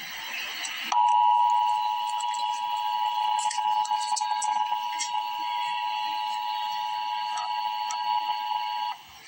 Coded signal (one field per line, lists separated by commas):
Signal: Emergency Alert System (SAME) tones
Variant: 853 and 960 Hz attention tone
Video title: Emergency Alert System - Severe Thunderstorm Watch - Apr 4, 2026 at 2:53 PM EDT